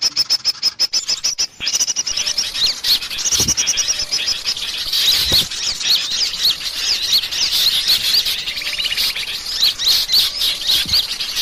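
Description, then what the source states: Birds calling: rapid clicking pulses open, then a steady mass of high, thin chirps and whistled twitters. Lure recording, 'pikat 1000 burung', meaning a lure for a thousand birds, used to attract birds.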